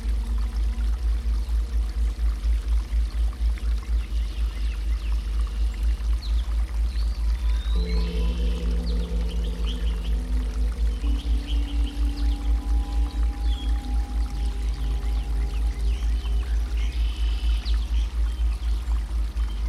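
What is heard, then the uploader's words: Water from a babbling brook pours and gurgles steadily throughout, with a rapid, regular churning. Birds chirp faintly in the garden, most clearly around the middle and again near the end. From about halfway, a low steady hum sits beneath the water. Mysterious Garden Binaural [G51.9Hz θ 30-4.2Hz 30m]. A gentle garden, with birdsong and babbling brook, gives way to mind-expanding mysterious textures. This binaural begins with a decent from 30Hz to 4.2Hz and then maintains that frequency for the remainder.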